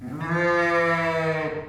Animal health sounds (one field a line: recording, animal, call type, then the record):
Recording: contact call of a hoofed animal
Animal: sheep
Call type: low-frequency (closed-mouth) or high-frequency (open-mouth) call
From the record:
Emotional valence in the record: negative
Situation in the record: short social isolation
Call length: 1.69 s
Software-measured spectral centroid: 1710 Hz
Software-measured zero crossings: 1870 a second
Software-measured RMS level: -24 dBFS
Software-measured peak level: -11 dBFS